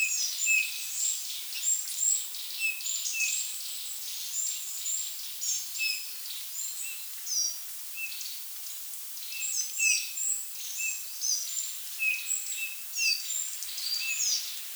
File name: Pyrrhula pyrrhula